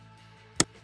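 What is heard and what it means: A white plastic electrical harness plug is slid into its connector on the back of the front door trim panel of a 2025–2026 Kia K4, with the tab side facing the door panel. Over a low background hum, a single sharp click sounds at 0.6 s as the plug seats. The plug is confirmed locked in and will not come out.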